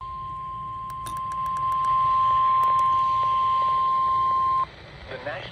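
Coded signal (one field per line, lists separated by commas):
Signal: Emergency Alert System (SAME) tones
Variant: 1050 Hz attention tone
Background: speech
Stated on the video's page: EAS tones from mid-September 2022 alerts.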